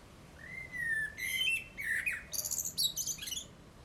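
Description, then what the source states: Eurasian blackbird calling: a long level whistled note, a second whistle, then a burst of high, harsh chattering notes. Recorded 22 December 2019 at 20:46.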